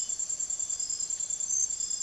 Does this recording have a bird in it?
no